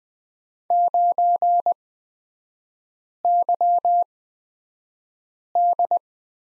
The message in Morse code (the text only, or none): 9YD